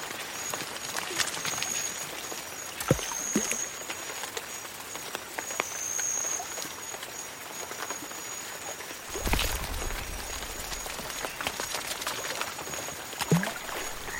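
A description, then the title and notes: Jungle swamp ambience of dense, steady frog croaking and a high insect whine, with sharp clicks around three, nine and thirteen seconds. Jungle swamp ambience.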